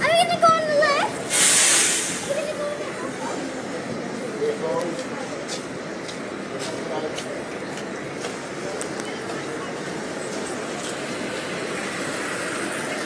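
A city street on a Saturday night: the opening two seconds bring a loud, sweeping whistle-like call and a sharp hiss. After that, a steady, dense murmur of voices and low traffic rumble carries on, dotted with occasional clicks and knocks.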